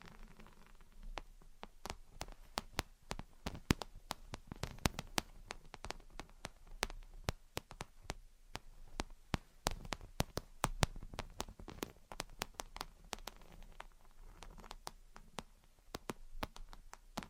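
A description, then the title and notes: Gentle tapping and scratching, with sharp, bright taps landing irregularly a few times per second over a soft, steady scratchy hiss. Gentle Tapping and Scratching. (No Talking).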